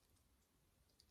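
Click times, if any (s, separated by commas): none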